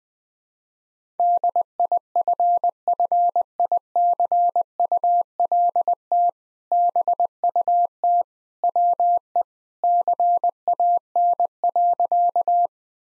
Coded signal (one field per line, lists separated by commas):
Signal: Morse code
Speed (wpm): 20 wpm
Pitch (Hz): 700 Hz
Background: none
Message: DIFFICULT BUT WE CAN.